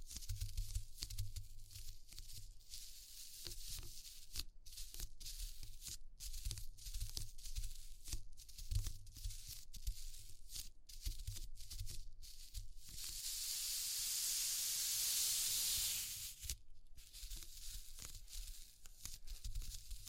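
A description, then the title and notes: A textured sound of dense, irregular crackles and short scratchy bursts runs over a low rumble. Between about 13 and 16 seconds a steady, bright hiss swells up and masks the crackling, then cuts off and the crackles return. ASMR Exploring Textures (No Talking).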